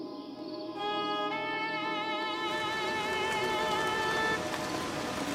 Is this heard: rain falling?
yes